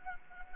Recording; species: mosquito wingbeat signal from an infrared sensor; Anopheles gambiae